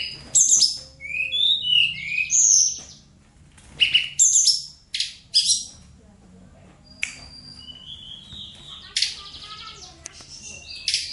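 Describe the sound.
Bird song in separate bursts of high chirps and twittering slurs, with a few seconds of quiet between phrases.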